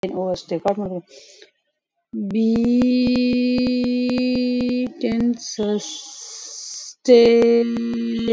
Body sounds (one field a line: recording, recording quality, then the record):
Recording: sustained vowel as in beet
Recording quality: moderate, slight background noise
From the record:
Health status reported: COVID-19 positive, no symptoms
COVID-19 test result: positive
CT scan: not taken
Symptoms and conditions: cough, cold, fever, muscle pain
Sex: female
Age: 35 years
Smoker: no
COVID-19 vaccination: none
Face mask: worn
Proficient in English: yes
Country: India